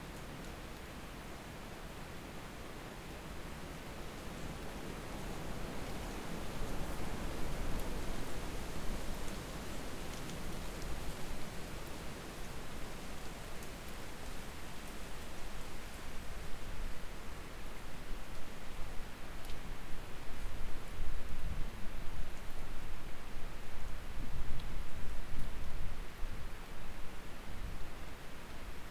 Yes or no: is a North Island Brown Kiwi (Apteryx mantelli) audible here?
no